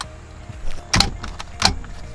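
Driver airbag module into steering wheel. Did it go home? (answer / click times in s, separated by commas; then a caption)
yes / 1.0 s, 1.7 s. After the airbag connector is reconnected, a BMW driver airbag module is pushed back into the steering wheel until its retaining clips snap home. Two sharp, bright clicks are heard at 1.0 s and 1.7 s over a low background hum, with a few softer taps and handling noises around them. The module is seated.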